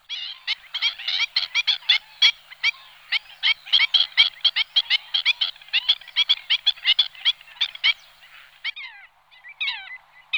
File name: echasse blanche